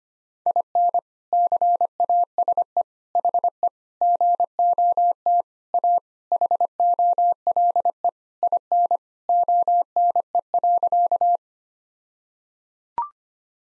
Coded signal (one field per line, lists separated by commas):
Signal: Morse code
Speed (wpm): 25 wpm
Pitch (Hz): 700 Hz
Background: none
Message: IN CASE HE GOT A HOLE IN ONE.